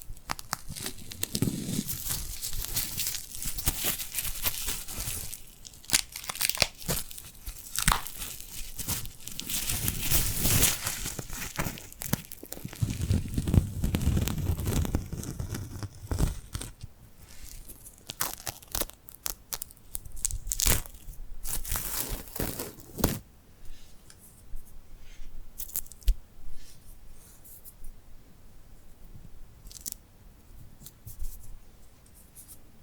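Sticky, glued hands pull apart and rub together in quick crackling, tearing bursts, densest and loudest through the first sixteen seconds with occasional low thumps. After about twenty-three seconds the sounds thin out to sparser, quieter crinkles and soft taps over near-silence.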